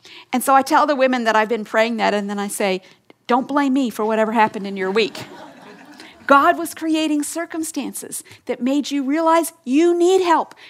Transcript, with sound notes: And so, I tell the women that I’ve been praying that, and then I say, “Don’t blame me for whatever happened in your week! (laughter) God was creating circumstances that made you realize you need help!